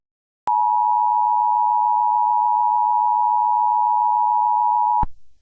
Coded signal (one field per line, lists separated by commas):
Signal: Emergency Alert System (SAME) tones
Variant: 853 and 960 Hz attention tone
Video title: EAS Scenario #1: The Jersey Devil